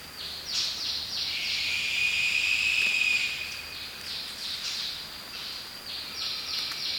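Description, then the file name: Lesser sooty owl call: one prolonged, level high whistle lasting over a second, set among steady series of short falling chirps repeated several times per second. "Lesser Sooty Owl Tyto multipunctata"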